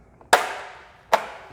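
The brittle plastic top case of a Commodore SX-64 portable computer is lined up from the bottom and pressed down onto its base until its plastic latches snap home. After a faint tick, two sharp, bright plastic snaps ring out at 0.3 s and 1.1 s, each fading over a fraction of a second. The top case is seated in place.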